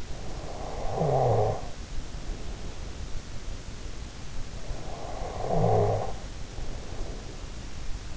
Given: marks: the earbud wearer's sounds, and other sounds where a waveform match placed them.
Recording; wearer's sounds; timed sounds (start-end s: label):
sounds in sleep by an in-ear microphone; snoring breath
0.00-3.68 s: snoring breath
4.49-7.95 s: snoring breath